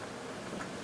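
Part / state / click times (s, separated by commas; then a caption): folding knife blade into its slip-joint spring and handle / not seated / none. The main blade of an Ontario utility knife is worked against its slip-joint spring and handle, with only faint, steady handling noise and no sharp transient. Nothing has snapped into place or seated yet.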